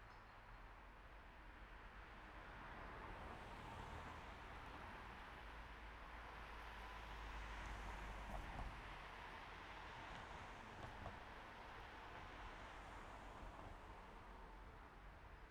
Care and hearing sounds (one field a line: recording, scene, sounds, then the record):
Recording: everyday scene through a hearing-aid microphone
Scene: in traffic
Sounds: traffic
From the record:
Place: main road on the outskirts, rush hour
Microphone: behind the ear, right, rear